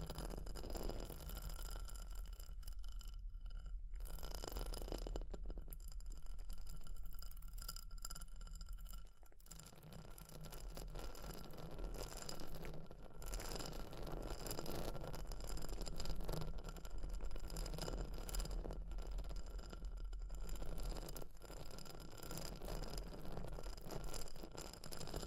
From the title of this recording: Fire Crackling, Tapping, Scratching